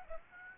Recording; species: mosquito wingbeat signal from an infrared sensor; Aedes aegypti